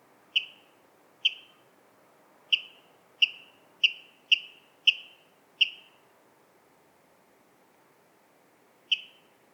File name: Waterral Rallus aquaticus